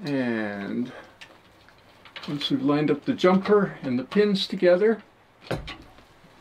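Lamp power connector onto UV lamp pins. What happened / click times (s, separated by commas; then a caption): The connector is being lined up but has not yet snapped home / none. Someone talks while handling the lamp power connector, with its jumper lined up with the pins on the end of the UV lamp, in a VIQUA IHS12-D4, IHS22-D4 or IHS22-E4 UV system. A few faint ticks and light handling knocks are heard around the speech. Nothing has seated or clicked yet: the connector has not been pushed down to snap into place on both sides.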